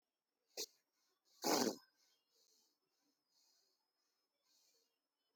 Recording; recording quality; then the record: shallow breathing; moderate, slight background noise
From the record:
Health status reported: healthy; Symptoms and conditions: none ticked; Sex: male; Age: 35 years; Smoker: not ticked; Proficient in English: yes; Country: India